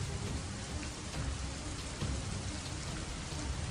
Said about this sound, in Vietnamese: Dưới đường về, hai mẹ con gặp mưa, nước mưa trút xuống, lạnh và trĩu nặng.